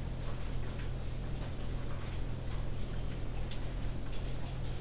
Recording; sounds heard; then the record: poultry house recording; no chicken sound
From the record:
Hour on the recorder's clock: 20